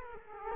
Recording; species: mosquito wingbeat signal from an infrared sensor; Culex quinquefasciatus